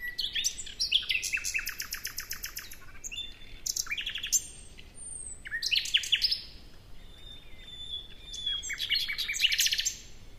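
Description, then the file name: Common nightingale song of varied phrases of fast repeated notes and rattles, with some whistles, each phrase different from the last, over low background hiss. "Luscinia megarhynchos"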